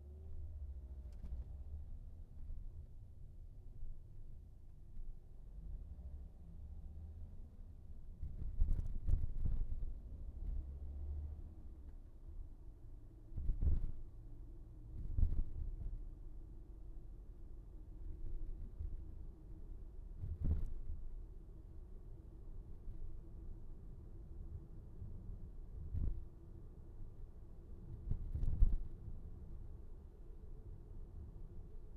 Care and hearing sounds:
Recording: everyday scene through a hearing-aid microphone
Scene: in a vehicle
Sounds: engine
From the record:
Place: VW T5 Caravelle, diesel engine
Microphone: behind the ear, right, rear

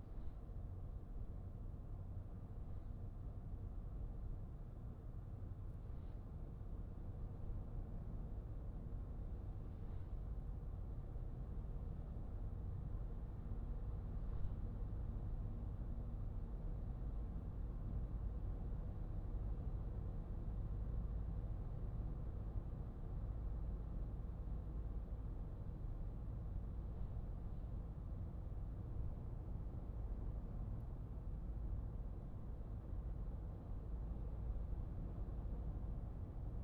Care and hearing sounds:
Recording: everyday scene through a hearing-aid microphone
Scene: in a vehicle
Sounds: engine, highway driving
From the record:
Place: Skoda Fabia, gasoline engine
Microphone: behind the ear, right, rear

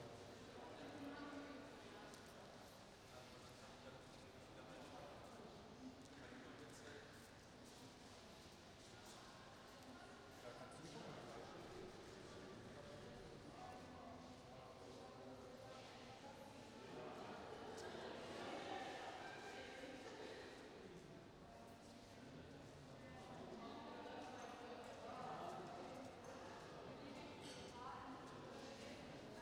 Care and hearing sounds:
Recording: everyday scene through a hearing-aid microphone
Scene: reverberant space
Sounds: background noise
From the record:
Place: railway station hall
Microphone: in the ear canal, right

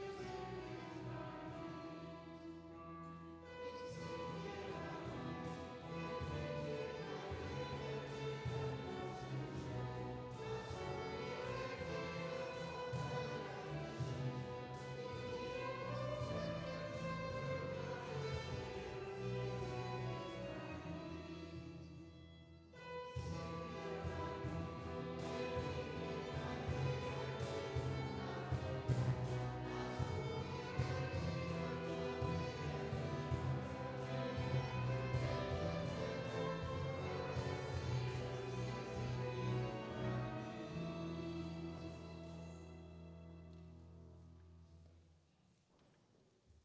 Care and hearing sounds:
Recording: everyday scene through a hearing-aid microphone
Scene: reverberant space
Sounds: music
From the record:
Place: church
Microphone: in the ear canal, left

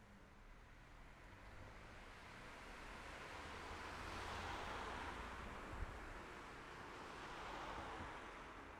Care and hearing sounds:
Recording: everyday scene through a hearing-aid microphone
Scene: in traffic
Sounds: traffic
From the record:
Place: city secondary road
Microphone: behind the ear, left, front

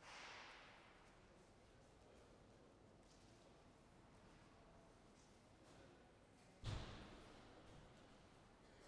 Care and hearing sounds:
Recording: everyday scene through a hearing-aid microphone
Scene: reverberant space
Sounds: background noise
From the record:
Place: railway station hall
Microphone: behind the ear, left, front

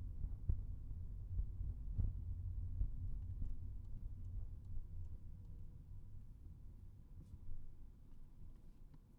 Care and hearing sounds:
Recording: everyday scene through a hearing-aid microphone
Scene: in a vehicle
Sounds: engine, rumble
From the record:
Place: Skoda Fabia, gasoline engine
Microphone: behind the ear, right, front

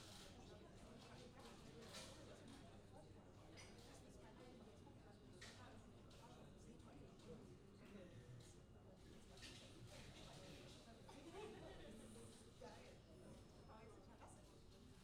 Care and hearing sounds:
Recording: everyday scene through a hearing-aid microphone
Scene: many people talking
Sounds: many voices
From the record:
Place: university cafeteria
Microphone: in the ear canal, left

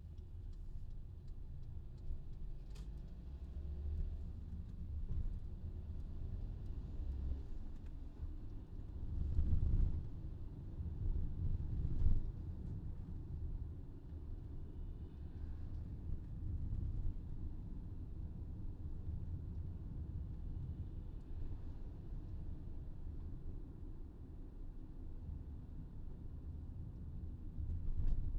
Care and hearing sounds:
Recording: everyday scene through a hearing-aid microphone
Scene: in a vehicle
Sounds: engine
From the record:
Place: VW T5 Caravelle, diesel engine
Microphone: in the ear canal, left

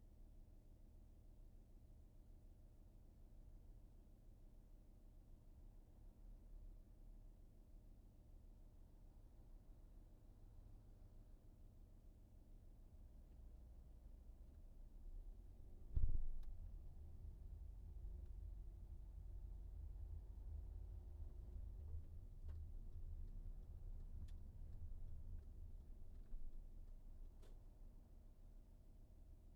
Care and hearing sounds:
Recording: everyday scene through a hearing-aid microphone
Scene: in a vehicle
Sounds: engine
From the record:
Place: VW T5 Caravelle, diesel engine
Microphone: behind the ear, right, rear

